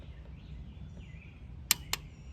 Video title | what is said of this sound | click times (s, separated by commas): 2018-2023 Toyota Camry Spark Plugs Replacement | Once you hear that click, safe to stop. | 1.7 s